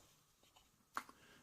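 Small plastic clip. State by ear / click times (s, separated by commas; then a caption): released / 1.0 s. While a plastic Transformers figure is being changed into its vehicle mode, its rear plastic parts are unclipped from the small pegs that hold them on each side. A sharp plastic click at 0.97 s releases the rear part, followed by a softer tick at 1.1 s. Before that, there are only faint quiet handling sounds.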